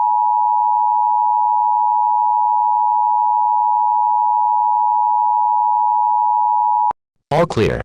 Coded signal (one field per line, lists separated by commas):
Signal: Emergency Alert System (SAME) tones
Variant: 853 and 960 Hz attention tone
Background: speech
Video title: EAS Scenario 9: Too Late.EXE